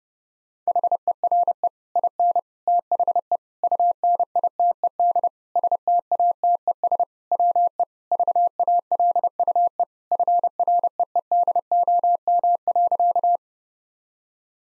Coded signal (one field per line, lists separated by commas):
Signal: Morse code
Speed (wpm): 30 wpm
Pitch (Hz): 700 Hz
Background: none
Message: HERE IN THE UNITED STATES WE VALUE FREEDOM.